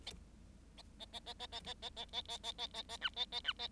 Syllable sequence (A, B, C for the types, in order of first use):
A A A A A A A A A A A A A A A B A A B A